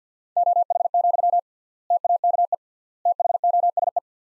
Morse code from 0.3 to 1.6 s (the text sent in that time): OH,